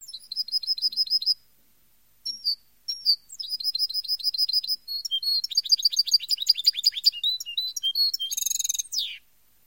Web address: Chants Chard